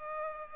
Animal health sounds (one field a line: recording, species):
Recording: mosquito wingbeat signal from an infrared sensor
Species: Culex pipiens